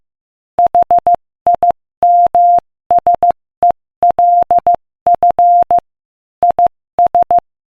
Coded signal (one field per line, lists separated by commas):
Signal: Morse code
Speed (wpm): 16 wpm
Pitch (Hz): 700 Hz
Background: none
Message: HIMSELF IS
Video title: Morse Code Practice: 15 wpm Inspirational Quote 1